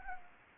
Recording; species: mosquito wingbeat signal from an infrared sensor; Anopheles gambiae